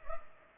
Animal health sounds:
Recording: mosquito wingbeat signal from an infrared sensor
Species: Culex pipiens

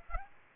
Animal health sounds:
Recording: mosquito wingbeat signal from an infrared sensor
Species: Aedes aegypti

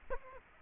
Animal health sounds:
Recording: mosquito wingbeat signal from an infrared sensor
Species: Aedes aegypti

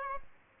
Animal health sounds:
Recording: mosquito wingbeat signal from an infrared sensor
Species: Aedes albopictus

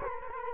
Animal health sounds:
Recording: mosquito wingbeat signal from an infrared sensor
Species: Culex quinquefasciatus

